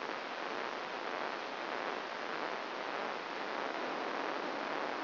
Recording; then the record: brain microelectrode recording played as sound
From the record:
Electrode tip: outside the subthalamic nucleus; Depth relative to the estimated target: 4 mm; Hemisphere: left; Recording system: AlphaMap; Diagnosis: Parkinson's disease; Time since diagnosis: 15 years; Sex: female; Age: 68 years